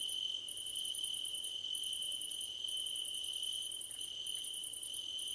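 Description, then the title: Crickets trilling in quick high pulses grouped into bursts of about a second, over a persistent steady shrill drone. Crickets at night under a starlit sky; nighttime ambience. "Nighttime Ambience with Crickets"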